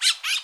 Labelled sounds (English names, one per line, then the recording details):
Brown-throated Parakeet contact call
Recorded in Bonaire
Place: just S of turnoff to Cai, near Lac Bay
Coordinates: 12.126, -68.239